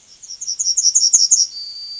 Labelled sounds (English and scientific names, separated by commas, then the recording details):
Yellowhammer (Emberiza citrinella) song
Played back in forest
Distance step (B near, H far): B
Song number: 024